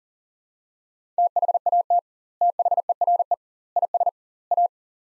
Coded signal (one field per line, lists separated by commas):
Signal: Morse code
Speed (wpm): 40 wpm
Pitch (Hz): 700 Hz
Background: none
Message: THAT THERE IS A